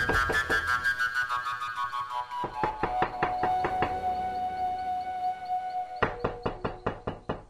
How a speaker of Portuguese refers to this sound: Poucos minutos depois, restabelecida a calma lá fora, bateram na porta.